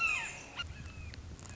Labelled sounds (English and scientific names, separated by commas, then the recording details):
Red-shouldered Hawk (Buteo lineatus)
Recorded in Sonoma County, California